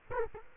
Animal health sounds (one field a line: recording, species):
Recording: mosquito wingbeat signal from an infrared sensor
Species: Culex quinquefasciatus